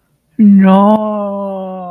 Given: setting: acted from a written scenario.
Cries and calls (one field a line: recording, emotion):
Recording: vocal sound without words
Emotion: distress